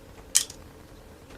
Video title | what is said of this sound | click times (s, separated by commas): Historic Knife Ch 12 Wilh Weltersback Folding Dagger | and locks in place | 0.4 s